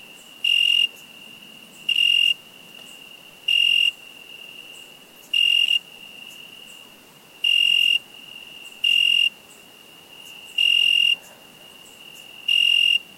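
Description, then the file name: Cricket chirping: shrill, steady high-pitched brief bursts, repeating roughly every one to two seconds over a faint continuous high hum. "Cricket insect"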